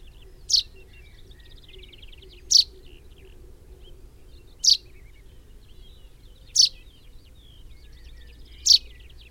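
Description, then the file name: Common chaffinch repeating a single sharp, high call note five times, with low noise behind. "Fringilla coelebs"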